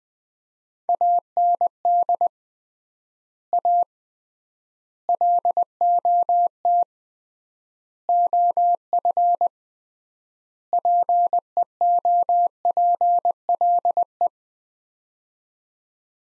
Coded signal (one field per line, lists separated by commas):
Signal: Morse code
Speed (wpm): 20 wpm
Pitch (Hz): 700 Hz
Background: none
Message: AND A LOT OF PEOPLE